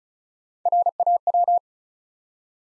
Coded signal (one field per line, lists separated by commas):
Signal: Morse code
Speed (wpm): 36 wpm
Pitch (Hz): 700 Hz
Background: none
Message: RAW